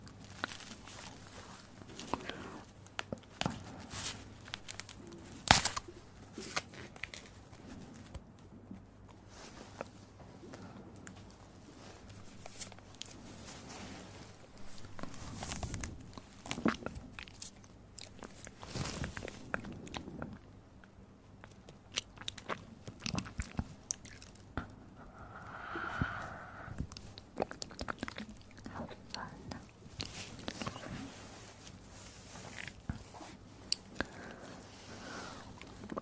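Soft mouth sounds, wet clicks and chewing-like smacks, come in a dense irregular stream over a low steady hum, with brief whispery breaths.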